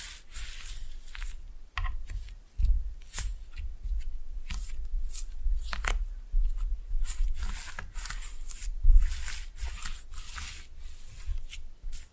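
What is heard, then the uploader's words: Slime being pressed and mixed, with no talking: a constant run of wet, crackly squelches and pops, bright and hissy, arriving every fraction of a second. A low thudding rumble sits underneath, with firmer presses landing near 2.6 and 9 seconds. Slime No Talking (Pressing and Mixing).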